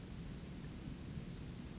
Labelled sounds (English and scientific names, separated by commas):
Western Flycatcher (Empidonax difficilis)